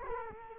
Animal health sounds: mosquito wingbeat signal from an infrared sensor; Culex quinquefasciatus

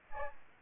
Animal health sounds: mosquito wingbeat signal from an infrared sensor; Aedes aegypti

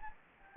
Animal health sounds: mosquito wingbeat signal from an infrared sensor; Anopheles gambiae

